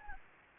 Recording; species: mosquito wingbeat signal from an infrared sensor; Anopheles gambiae